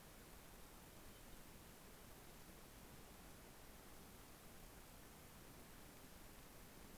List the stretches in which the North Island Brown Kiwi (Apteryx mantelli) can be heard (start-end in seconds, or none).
none